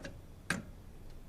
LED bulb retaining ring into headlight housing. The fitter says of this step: making sure that this snaps into place just like